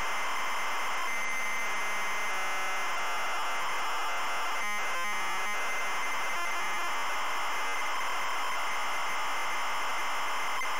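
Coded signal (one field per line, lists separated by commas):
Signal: ZX Spectrum tape loading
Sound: continuous harsh, buzzy data screech with no lead tone, with brief stutters midway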